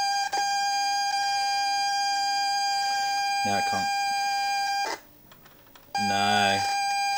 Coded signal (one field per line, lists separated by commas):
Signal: ZX Spectrum tape loading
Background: speech